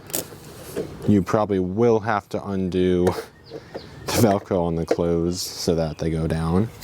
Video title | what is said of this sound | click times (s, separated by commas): Silent and Deadly - Unboxing/Demo/Review (from #spirithalloween ) | Make sure those snap lock into place. | 0.1 s